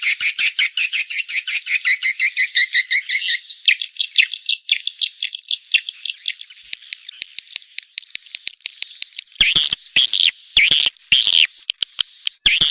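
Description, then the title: Swiftlet chirps in a fast, even train of high twittering notes, then a thin steady whistle with clicks, ending in loud harsh chattering bursts. Swiftlet lure call, used to attract swiftlets. "Suara Walet. Suara Panggil Walet"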